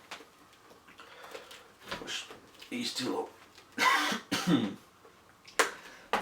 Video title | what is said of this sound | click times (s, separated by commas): How to - Put Together Riddell Revo Speed | SC you hear that snap | 5.6 s, 6.1 s